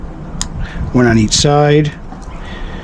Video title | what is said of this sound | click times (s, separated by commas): Tamiya Avante X MS Chassis 18616 Build | You see how they snap right in with the flush cut plier, it goes pretty easy. | 0.4 s